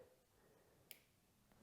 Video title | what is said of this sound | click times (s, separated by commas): Electrical Plug Cleaning - Dirt Bike Maintenance Part 5 - Yamaha YZ 250FX | there's the click Perfect all right so let me get that out of the way | 0.9 s